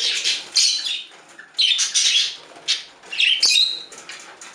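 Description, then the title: Budgerigar squawks and harsh chirps, several raspy bursts over a few seconds with one sharp squeak near the end. "Budgie Sounds"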